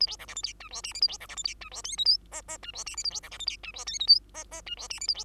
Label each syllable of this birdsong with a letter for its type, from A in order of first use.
A B C D E F G H I J A B C D E F G H K L M N N G H I J A B C D E F G H K L M N N G H I J A B